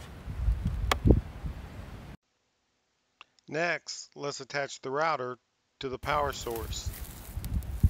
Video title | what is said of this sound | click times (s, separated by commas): I kept a Starlink system outside for a month, how well did it do? | first let's connect the dish to the router you should hear an audible click next | 0.9 s